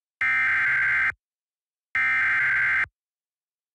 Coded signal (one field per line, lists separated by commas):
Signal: Emergency Alert System (SAME) tones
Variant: header bursts